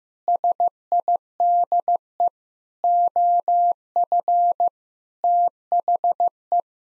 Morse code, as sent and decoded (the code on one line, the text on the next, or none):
... .. -.. . / --- ..-. / - .... .
SIDE OF THE